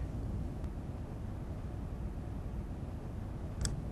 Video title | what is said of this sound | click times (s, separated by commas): Install PrimeLock™ Insert with a Handheld Tool | the nut until the connection verification ring creates an audible click you | 3.7 s